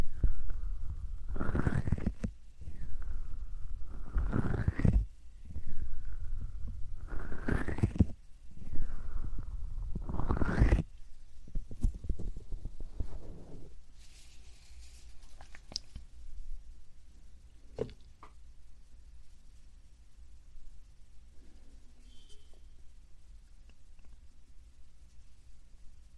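Puff sounds come in four strong, rushing bursts during the first eleven seconds, about every three seconds, each with a deep low thump and a rising airy whoosh. After that things go quiet, leaving faint clicks and a brief thin whistle near the end.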